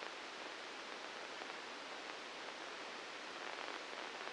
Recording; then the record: brain microelectrode recording played as sound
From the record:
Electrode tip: inside the subthalamic nucleus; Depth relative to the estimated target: 0 mm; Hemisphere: left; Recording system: NeuroSet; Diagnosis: Parkinson's disease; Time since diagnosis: 13 years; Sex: male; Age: 63 years